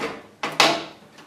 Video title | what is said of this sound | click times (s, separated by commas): Building a custom PC - Putting the parts together | And there you hear more like a crack there. But that was that was the click. | 0.4 s, 0.6 s